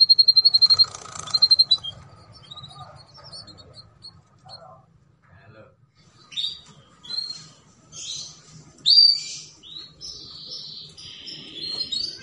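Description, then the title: Canary song opening with a rapid high pulsed trill, a pause, then scattered sweet chirps and short warbled phrases over a low background hum. Belgian canary breed; song played to warm up canaries and stimulate them for mating. "Canto Para Esquentar Canário Belga. Pancingan Suara Kenari Kawin"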